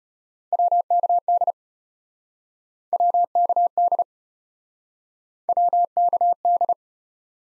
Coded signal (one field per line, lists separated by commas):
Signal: Morse code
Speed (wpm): 34 wpm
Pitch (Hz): 700 Hz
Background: none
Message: WKD WKD WKD